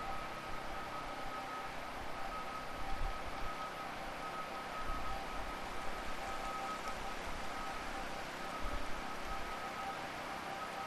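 Digitally processed Niagara Falls forms a dense, steady rumbling wash with thin sustained tones running through it and low grumbling swells around three and nine seconds.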